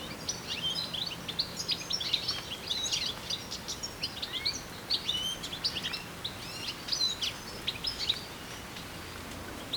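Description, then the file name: European goldfinch twittering, fast tinkling and buzzy notes in dense bursts through most, some faint low hum underneath. "Carduelis carduelis"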